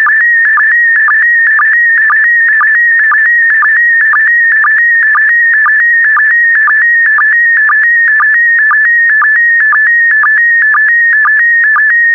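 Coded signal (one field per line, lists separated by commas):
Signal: SSTV (slow-scan television)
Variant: PD120 mode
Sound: steady warbling, chirping tone with a rhythmic blip about twice a second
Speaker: Transmission complete. You can now check your decoded image against the picture that is shown on the video.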